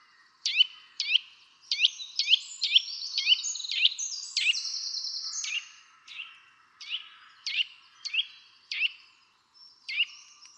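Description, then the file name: Eurasian nuthatch giving a series of sharp, high calls, quickly repeated at first, then spaced out with short pauses near the end. "Sitta europaea"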